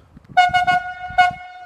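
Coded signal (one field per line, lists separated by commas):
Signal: whistle signal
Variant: cable logging haywire whistle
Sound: three quick reedy horn toots, a lingering tone, then another toot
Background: outdoor ambience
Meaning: Three whistles is the standard haywire signal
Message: 3 short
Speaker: our haywire whistles three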